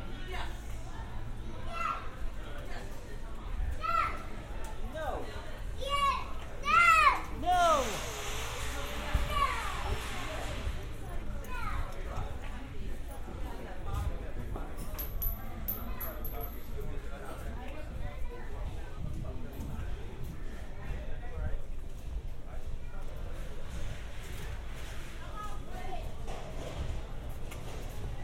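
Shopping at a hardware store in New Rochelle: steady chatter and voices, a child's high calls around seven seconds, and a constant low hum beneath.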